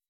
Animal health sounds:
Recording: hydrophone in a shrimp aquaculture tank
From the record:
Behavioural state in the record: weakened

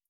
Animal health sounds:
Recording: hydrophone in a shrimp aquaculture tank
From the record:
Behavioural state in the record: feeding

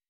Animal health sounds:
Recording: hydrophone in a shrimp aquaculture tank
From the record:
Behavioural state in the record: weakened

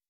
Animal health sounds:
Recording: hydrophone in a shrimp aquaculture tank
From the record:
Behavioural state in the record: weakened

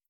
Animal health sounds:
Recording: hydrophone in a shrimp aquaculture tank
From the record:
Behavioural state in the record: stressed

